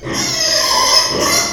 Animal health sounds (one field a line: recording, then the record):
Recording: squeal of a Yucatan mini pig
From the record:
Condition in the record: before surgery on the right vocal fold (resection and tissue-engineered implant)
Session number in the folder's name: 2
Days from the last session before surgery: 0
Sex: male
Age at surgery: 12 weeks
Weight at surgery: 13 kg